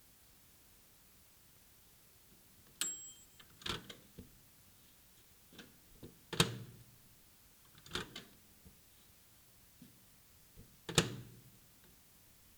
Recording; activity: daily activity, guitar pickup as the sensor; use microwave